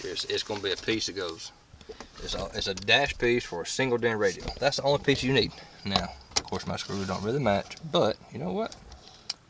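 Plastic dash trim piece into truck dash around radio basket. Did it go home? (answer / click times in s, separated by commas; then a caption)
yes / 9.3 s. A plastic single-DIN dash trim piece is pressed into a 2002 GMC Sierra truck dash around the aftermarket radio basket while someone talks. A sharp, short click at 9.3 seconds marks the trim piece locking into place.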